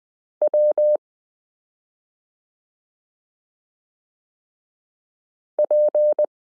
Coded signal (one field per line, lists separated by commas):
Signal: Morse code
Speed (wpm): 20 wpm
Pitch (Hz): 600 Hz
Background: none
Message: W P